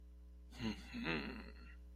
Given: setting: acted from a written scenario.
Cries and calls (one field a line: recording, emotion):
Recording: vocal sound without words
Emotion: desire